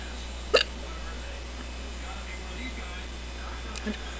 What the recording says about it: Got to be the strongest case of hiccups I've had in a long time. It's really hurting my throat. I don't think there's anything I can do to stop these hiccups.